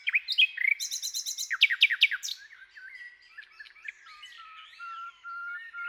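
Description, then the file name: Common nightingale singing a fast stuttering burst and downslurred notes, then softer varied twitters ending in a long, steady whistled tone. "Luscinia megarhynchos"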